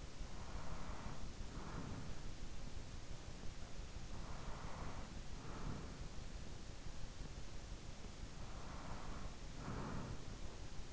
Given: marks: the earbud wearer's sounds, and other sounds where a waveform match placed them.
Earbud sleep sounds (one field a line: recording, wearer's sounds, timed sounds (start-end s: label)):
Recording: sounds in sleep by an in-ear microphone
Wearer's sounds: breath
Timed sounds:
0.00-2.86 s: breath
3.83-6.35 s: breath
8.12-10.92 s: breath